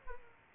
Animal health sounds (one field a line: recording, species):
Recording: mosquito wingbeat signal from an infrared sensor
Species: Aedes aegypti